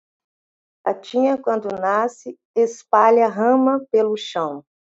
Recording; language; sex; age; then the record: short text; Brazilian Portuguese; female; 50 to 59 years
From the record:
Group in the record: control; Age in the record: 58 years